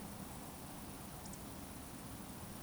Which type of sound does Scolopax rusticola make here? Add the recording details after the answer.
whistle. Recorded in Baden-Württemberg, Germany, on 21 June 2020 at 20:15 UTC. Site 42618, 210 m above sea level